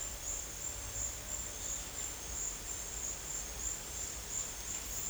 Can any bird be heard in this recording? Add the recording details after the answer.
no. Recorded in dense forest near Puerto Asís, Putumayo, Colombia, on 22 December 2024 at 11:30. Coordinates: 0.484, -76.325. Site G056